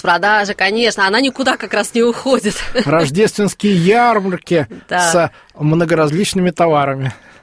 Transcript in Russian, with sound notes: Распродажа, конечно! Она никуда как раз не уходит! (Смеется.)
— Рождественские ярмарки с многоразличными товарами.